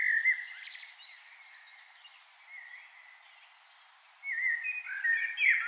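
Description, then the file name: Common blackbird song: a mellow fluted phrase opens, then after a quiet gap a richer warbled phrase follows. "Turdus merula"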